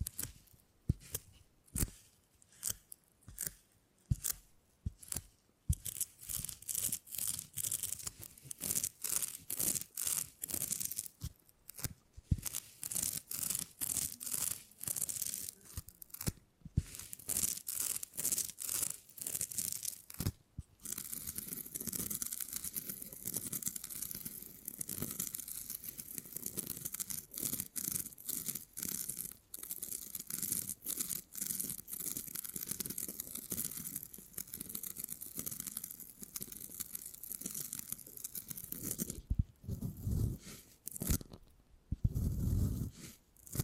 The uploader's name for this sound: Brain Tingly Sounds Using Beeswax